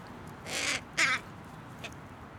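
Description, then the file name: Carrion crow giving two harsh, hoarse caws in quick succession, the second shorter and louder, then a faint short sound, against a faint background hiss. "Corvus corone"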